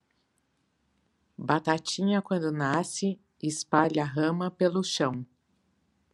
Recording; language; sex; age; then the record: short text; Brazilian Portuguese; female; 50 to 59 years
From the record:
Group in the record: control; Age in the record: 58 years